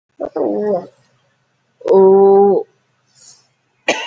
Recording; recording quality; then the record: sustained vowel as in boot; poor, much background noise or distortion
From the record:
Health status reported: COVID-19 positive, mild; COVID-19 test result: positive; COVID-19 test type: RT-PCR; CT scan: not taken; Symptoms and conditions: cough, cold, sore throat, fever, fatigue, muscle pain, another condition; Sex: female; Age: 32 years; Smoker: no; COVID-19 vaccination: both doses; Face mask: not worn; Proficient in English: yes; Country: India